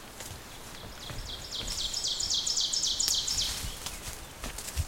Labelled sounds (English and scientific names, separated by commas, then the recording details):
Ovenbird (Seiurus aurocapilla) song
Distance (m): 25 m
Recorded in boreal forest in Alberta, Canada, on 14 June 2016 at 06:04
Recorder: SongMeter 3, array SBT-3-33
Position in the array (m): 105 m, 21 m
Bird 21